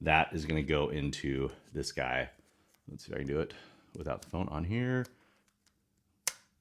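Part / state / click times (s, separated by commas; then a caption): phone case into motorcycle wireless charging mount head / seated / 6.3 s. A phone case, without the phone in it, is twisted into the head of a Quad Lock motorcycle wireless charging mount while someone talks. After a quiet pause there is a faint tick at 5.7 s, then one sharp click at 6.3 s as the case locks into the mount head.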